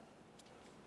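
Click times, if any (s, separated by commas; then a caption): 0.4 s. The ABS sensor wire connector on the front suspension of a 2004-2006 Scion xB is squeezed into its mating plastic harness connector. A single faint tick at 0.4 s shows it clicking in and seating, over a quiet, steady background.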